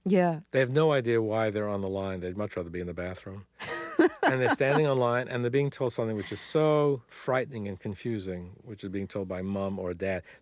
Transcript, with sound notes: They have no idea why they're on the line. They'd much rather be in the bathroom.
(laughs)
And they're standing on line, and they're being told something which is so frightening and confusing, which they're being told by Mom or Dad,